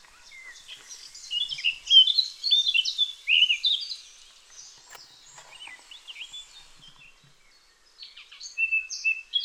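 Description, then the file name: Eurasian blackcap song: jumbled, scratchy warbling with bright whistled notes in two bursts separated by a quieter pause, over faint background hiss. "Sylvia atricapilla"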